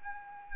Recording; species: mosquito wingbeat signal from an infrared sensor; Anopheles arabiensis